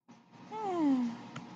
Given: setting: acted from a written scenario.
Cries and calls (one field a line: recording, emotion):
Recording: vocal sound without words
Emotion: contentment